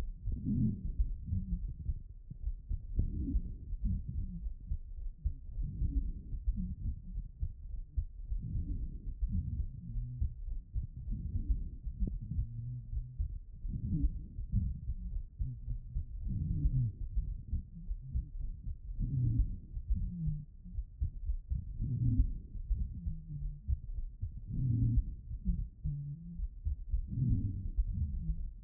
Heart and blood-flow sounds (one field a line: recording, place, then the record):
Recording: heart sounds by stethoscope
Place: pulmonary valve (PV)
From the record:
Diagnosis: non-HFrEF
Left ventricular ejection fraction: 43%